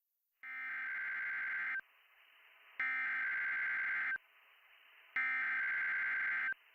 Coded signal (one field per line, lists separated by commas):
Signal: Emergency Alert System (SAME) tones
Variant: header bursts